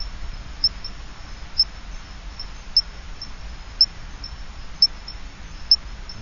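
Adenomera marmorata calls: brief high-pitched chirps repeated about once a second over soft background hiss.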